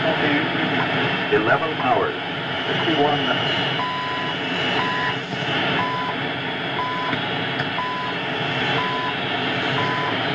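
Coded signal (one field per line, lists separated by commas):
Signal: radio time signal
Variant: CHU Canada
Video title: CHU Canada 14670kc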